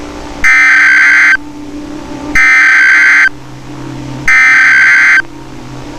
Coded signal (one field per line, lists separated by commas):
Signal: Emergency Alert System (SAME) tones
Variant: header bursts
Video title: STARFALL: A EAS Long Scenario/Analog Horror